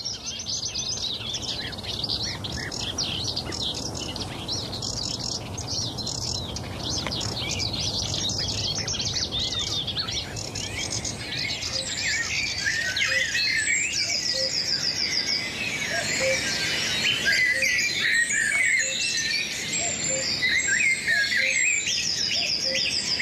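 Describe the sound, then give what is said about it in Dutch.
A marsh warbler on Texel sings a rapid, varied stream of bright, high-pitched chatter and mimicry, with other birds chirping and trilling throughout, steady and fairly loud with no voices. “Jenny Kramer groet ons vanaf Texel en stuurt daarbij de geluiden van de horsmeertjes, bosrietzanger, fiets en nog veel meer moois.”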